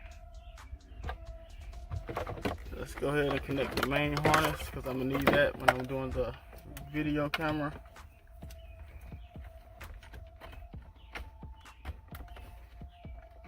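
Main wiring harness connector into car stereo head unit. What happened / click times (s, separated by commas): The wiring connector is being handled but has not yet clicked home / none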